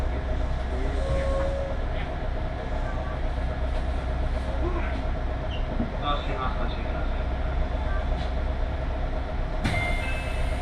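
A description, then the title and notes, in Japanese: A Tokaido Line local train rolls along between Toyohashi and Nishi-Okazaki with a steady, heavy low rumble and a constant mid hum. Faint squeals, clicks and brief voice-like sounds drift through, and a sharp clatter breaks in near the end. 東海道本線各駅停車 豊橋→西岡崎。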